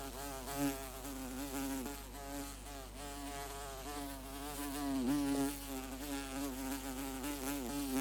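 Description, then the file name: Bumblebee buzzing, a steady low drone throughout with constant small wavers and dips in pitch. "Insect Bumblebee Buzzing. lovewav"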